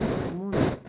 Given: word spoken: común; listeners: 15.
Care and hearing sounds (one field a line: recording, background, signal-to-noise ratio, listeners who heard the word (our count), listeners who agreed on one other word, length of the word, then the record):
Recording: one Spanish word in noise, from a listening test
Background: noise modulated by one talker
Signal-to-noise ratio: -7.5 dB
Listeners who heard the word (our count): 1 of 15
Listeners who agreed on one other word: 10 of 15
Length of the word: 0.49 s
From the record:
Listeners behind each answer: 10, 1, 1, 1, 1, 1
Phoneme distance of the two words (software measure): 28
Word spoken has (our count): 2 syllables, 5 phonemes, stress on syllable 2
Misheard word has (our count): 2 syllables, 5 phonemes, stress on syllable 1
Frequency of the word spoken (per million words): 147.72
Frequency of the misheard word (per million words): 666.92